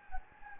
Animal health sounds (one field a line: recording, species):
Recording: mosquito wingbeat signal from an infrared sensor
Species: Anopheles gambiae